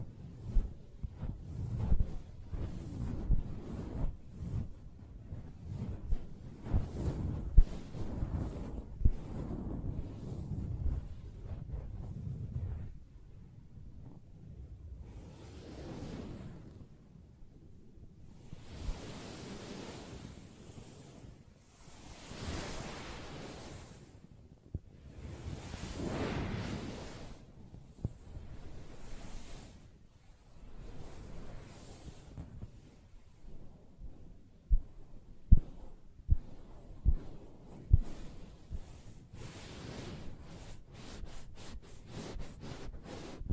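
Soft tapping and scratching on a fabric surface, dense low rustling through the first dozen seconds. Midway come slower, airy brushing strokes, each lasting a second or two, then sparse sharp taps near the end. Close and quiet throughout.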